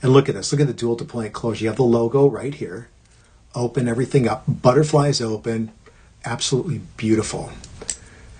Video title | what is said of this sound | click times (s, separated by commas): Watch Wednesday - Wednesday, January 14th - Full Livestream | And then audible click. | 7.9 s